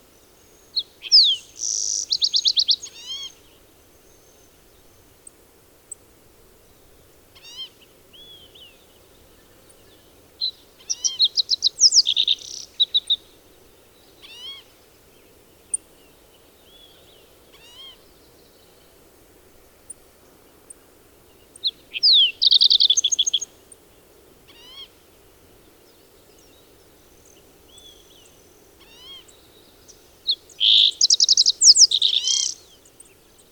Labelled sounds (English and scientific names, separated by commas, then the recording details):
Green-tailed Towhee (Pipilo chlorurus)
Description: Green-tailed Towhee song and call recorded at Hollowell Park in Rocky Mountain National Park
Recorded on 30 June 2015